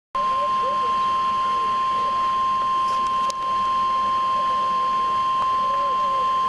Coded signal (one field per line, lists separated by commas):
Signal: Emergency Alert System (SAME) tones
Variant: 1050 Hz attention tone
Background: speech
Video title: EAS - Severe Thunderstorm Warning